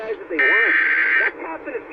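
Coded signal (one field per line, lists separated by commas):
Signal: Emergency Alert System (SAME) tones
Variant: header bursts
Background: speech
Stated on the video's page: Alerts relayed by digital TV stations, including unexpected relays of watches.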